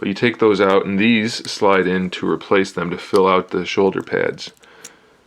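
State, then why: Partly seated. Replacement plastic filler pieces are pushed into the shoulder pads of a Robot Spirits Gundam Double X action figure while someone talks. A faint tick is heard at 4.8 s. The pieces fit into place but do not snap in firmly; they just sit there.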